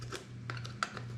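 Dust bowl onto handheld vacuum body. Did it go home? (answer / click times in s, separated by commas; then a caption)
yes / 0.8 s. An emptied plastic dust bowl is fitted back onto the body of a BLACK+DECKER dustbuster AdvancedClean cordless handheld vacuum, hooked on at a bottom tab and pushed in at the top. Over a steady low hum, faint knocks at about 0.2 s and 0.5 s lead to a sharp snap at 0.8 s as the bowl clips back in place and seats.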